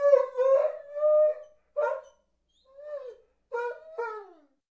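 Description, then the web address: Dobermann: dog howling: a series of wavering, tonal, mid-pitched notes, some long and some short with falling ends, separated by brief pauses. "uivar de doberman"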